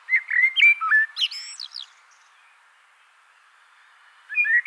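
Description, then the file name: Blackbird song: a quick run of mellow, slurred whistles ending in a thin, squeaky flourish, then quiet before a new phrase starts. Faint background hiss. "Turdus merula"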